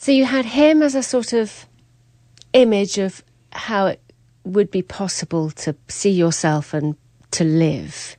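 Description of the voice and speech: One adult speaks a single question in clear, fluent conversational English at a moderate pace, with natural phrasing pauses and a steady, smooth voice. Articulation and voice quality are ordinary; this is normal speech. A faint low hum runs underneath.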